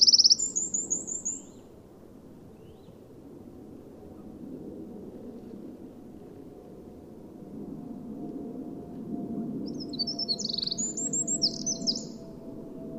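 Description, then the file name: Eurasian wren with a very high, rapid trill at the start, then a long stretch of low rumbling noise, before another shrill trilled burst near the end. "Troglodytes troglodytes"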